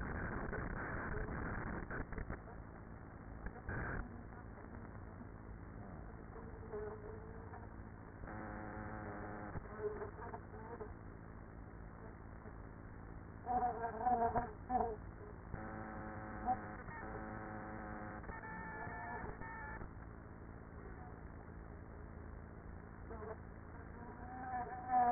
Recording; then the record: honeybee colony, microphone inside the hive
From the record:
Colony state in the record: queenless with a low population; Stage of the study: after two queens were removed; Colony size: about 30,000 bees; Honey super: no